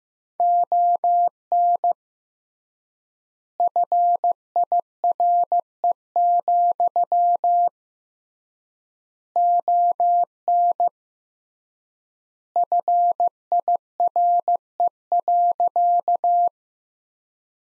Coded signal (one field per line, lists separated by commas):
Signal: Morse code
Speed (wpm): 16 wpm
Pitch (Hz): 700 Hz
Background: none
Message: ON FIRE, ON FIRE.